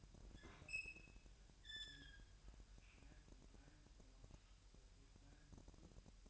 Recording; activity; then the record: daily activity, microphone in the room; open fridge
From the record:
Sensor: 2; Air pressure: 1001.8 hPa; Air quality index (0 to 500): 249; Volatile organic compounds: 38 ppm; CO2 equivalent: 3124 ppm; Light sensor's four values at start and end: 8/28/11/10 and 8/28/11/10